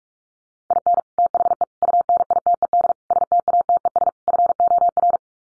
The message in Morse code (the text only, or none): IN THE UNITED STATES FOR